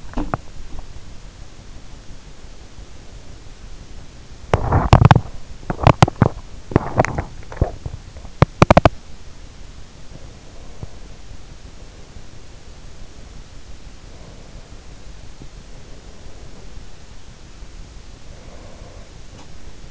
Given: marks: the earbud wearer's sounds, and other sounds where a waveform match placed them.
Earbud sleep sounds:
sounds in sleep by an in-ear microphone; teeth grinding, breath
0.00-0.94 s: teeth grinding
4.29-9.10 s: teeth grinding
10.00-13.25 s: breath
13.96-16.89 s: breath
18.12-19.10 s: breath
19.26-19.65 s: sound from someone else or the room

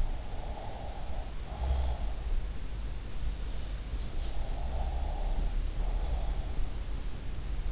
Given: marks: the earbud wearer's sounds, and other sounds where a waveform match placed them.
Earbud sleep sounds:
sounds in sleep by an in-ear microphone; snoring breath, breath
0.00-2.10 s: snoring breath
4.12-6.42 s: breath

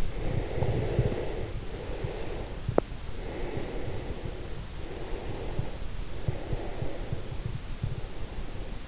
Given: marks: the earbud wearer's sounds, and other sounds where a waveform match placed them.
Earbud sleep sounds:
sounds in sleep by an in-ear microphone; breath, teeth grinding
0.06-2.70 s: breath
2.71-2.87 s: teeth grinding
3.00-5.91 s: breath
6.14-8.88 s: breath

